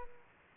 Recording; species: mosquito wingbeat signal from an infrared sensor; Aedes aegypti